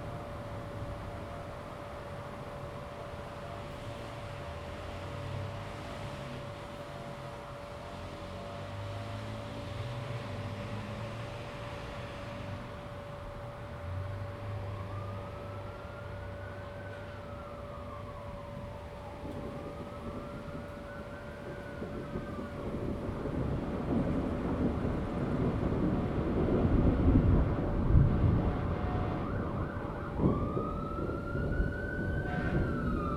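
Thunderstorm on a Salem, Oregon patio: a deep rumble swells after twenty seconds and peaks near twenty-seven before easing. A steady high hum runs throughout, and siren-like wails rise and fall around fifteen to twenty-three seconds and again near the end.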